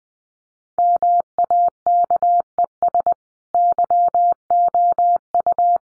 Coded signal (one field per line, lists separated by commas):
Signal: Morse code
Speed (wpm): 20 wpm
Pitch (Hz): 700 Hz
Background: none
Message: MAKES YOU